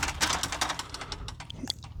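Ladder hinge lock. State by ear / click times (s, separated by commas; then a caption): seated / 1.7 s. A Little Giant Leveler multi-position ladder is rolled down around its hinge, giving a run of rattling, clattering knocks. At 1.7 s the hinge lock snaps into place with a sharp metallic click, seating and locking the ladder in position.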